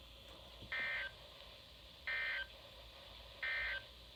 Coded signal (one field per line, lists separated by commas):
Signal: Emergency Alert System (SAME) tones